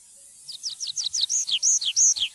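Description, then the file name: Tree pipit song phrase: a series of high, slurred down-sweeping notes at an even pace, later alternating with a few longer, flatter whistled notes. "trepipelerke"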